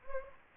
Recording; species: mosquito wingbeat signal from an infrared sensor; Anopheles gambiae